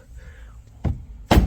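On a Skoda Octavia 2 Facelift, the plastic front door trim panel, already hooked over the window edge, is bumped by hand around its edge to lock its retaining clips into the metal door. A dull thump comes at 0.9 s, then a louder, sharper knock at 1.3 s. The clips snap into place at 1.3 s, and the panel is seated.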